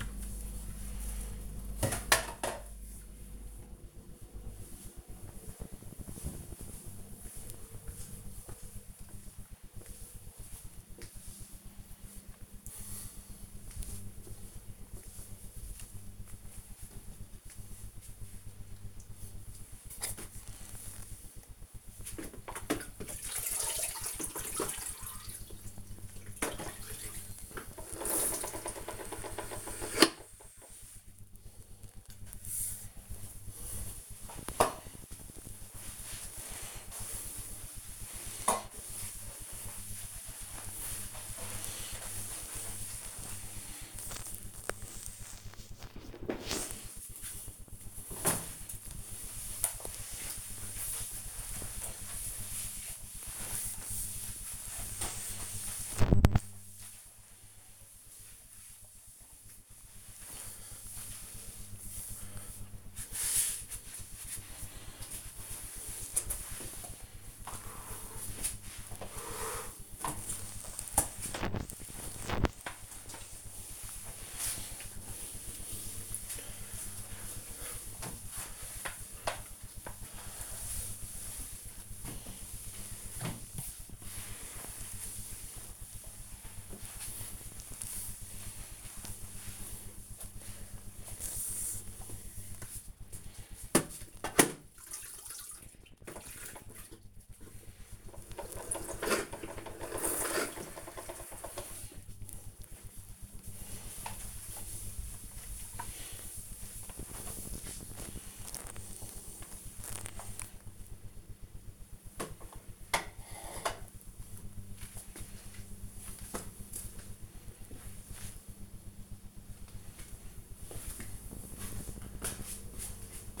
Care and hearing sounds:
household activities, microphone on the right wrist
0.00-4.69 s: putting away the dishes
19.79-113.45 s: floor cleaning

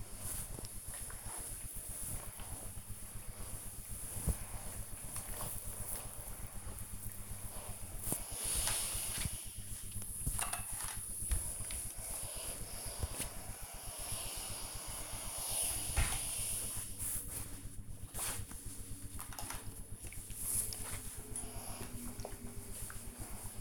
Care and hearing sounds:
household activities, microphone on the right wrist
0.00-23.61 s: ironing laundry

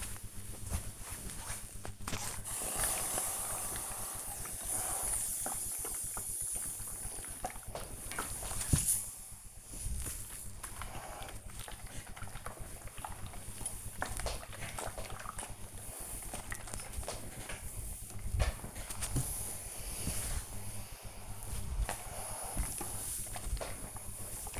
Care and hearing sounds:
household activities, microphone on the right wrist
0.00-24.60 s: ironing laundry

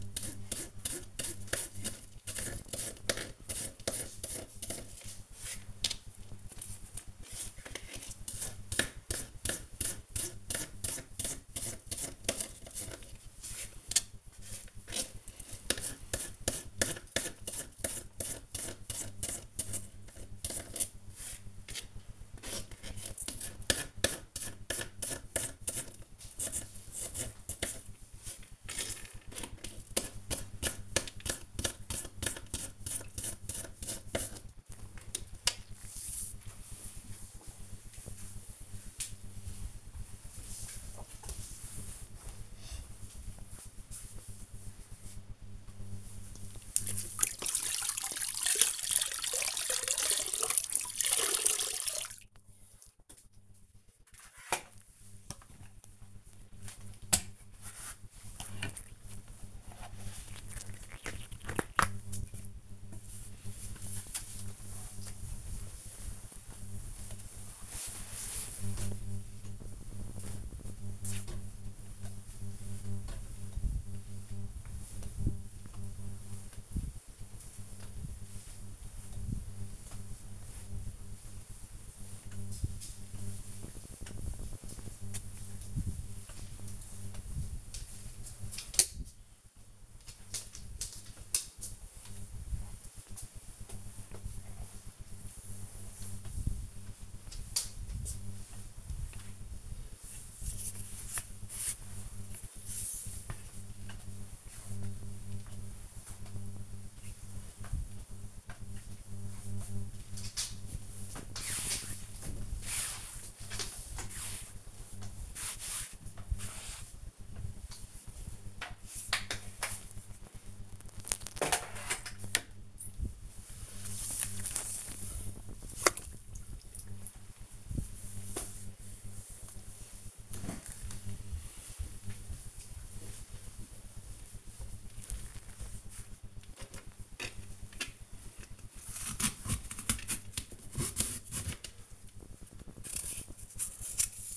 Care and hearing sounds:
household activities, microphone on the right wrist
0.00-34.14 s: cutting vegetables
45.23-124.84 s: floor cleaning
135.93-144.36 s: cutting vegetables

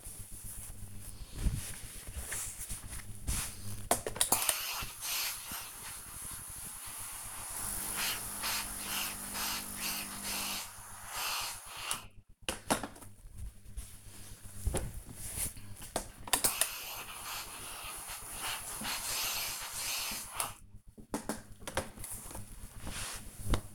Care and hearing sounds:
household activities, microphone on the right wrist
0.00-21.36 s: ironing laundry

